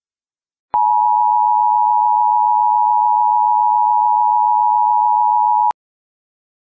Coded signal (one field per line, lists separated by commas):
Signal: Emergency Alert System (SAME) tones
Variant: 853 and 960 Hz attention tone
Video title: EAS Scenario: The Genetic Code Part 4